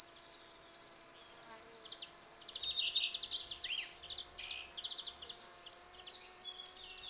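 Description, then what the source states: Field cricket chirping in steady pulsed bursts, high and ringing, with a busy bird song rattling and twittering over it for several seconds. Several field crickets singing from a lawn in a garden at Val Maravel, 18 April 2020, singing for three days; fresh new wings giving clear stridulation; recorded on a Nagra Seven with cardioid MKH40 microphone.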